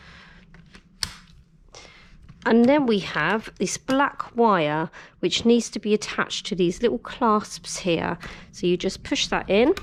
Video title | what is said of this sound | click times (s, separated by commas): Joie Nitro Stroller LX Review - BuggyBaby Reviews | push in there you go and click into place so you know it's secure | 1.0 s